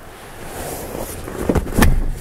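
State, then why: Seated. A 2019 Cupra Ateca 300PS SUV's folding rear seatback is swung back up into position against the car body, with low rustling before a pair of soft knocks at 1.5 s. The latch clicks home with a sharp snap at 1.8 s as the locking tab engages and disappears, showing the backrest is locked.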